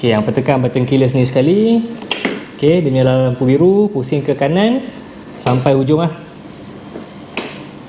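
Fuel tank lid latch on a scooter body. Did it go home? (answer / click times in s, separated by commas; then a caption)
released / 7.4 s. On an Aveta Viper 180 scooter, the keyless ignition knob is turned fully to the right to release the fuel tank lid on the scooter body while someone talks. A sharp hit at 7.4 s marks the latch letting go, and the lid pops open slowly.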